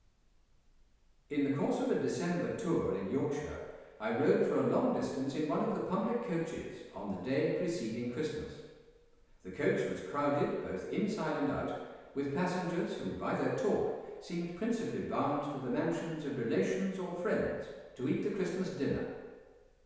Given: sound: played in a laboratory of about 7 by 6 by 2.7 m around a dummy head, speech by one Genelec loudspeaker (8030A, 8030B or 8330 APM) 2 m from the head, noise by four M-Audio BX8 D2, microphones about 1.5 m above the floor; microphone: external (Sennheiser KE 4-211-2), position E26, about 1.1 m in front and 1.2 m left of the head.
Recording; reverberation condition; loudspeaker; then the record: male speech in English; high; 120 degrees to the left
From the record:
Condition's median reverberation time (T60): about 1300 ms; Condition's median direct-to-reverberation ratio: about -4.0 dB